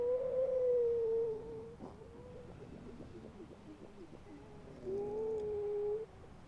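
Grey seal moans: a long steady tonal wail that sags slightly, a stretch of quick pulsed sounds, then another drawn-out moan.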